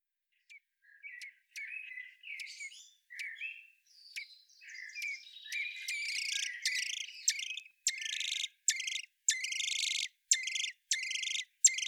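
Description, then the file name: Common blackbird calling: soft twittering phrases at first, then louder sharp chinking notes repeated rapidly to the end. "Turdus merula"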